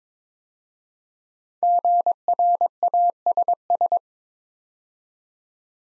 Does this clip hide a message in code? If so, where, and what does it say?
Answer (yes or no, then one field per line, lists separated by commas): yes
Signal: Morse code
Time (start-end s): 1.6-4.0 s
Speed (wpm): 22 wpm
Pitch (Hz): 700 Hz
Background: none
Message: GRASS